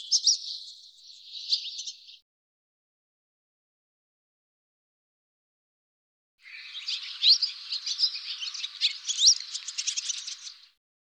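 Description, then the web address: Bird chirping, a short burst of high twittering notes, then about four seconds of silence, then a longer, busier burst of chirps and slurred notes. "cianscape birddata Deverinetal 2025"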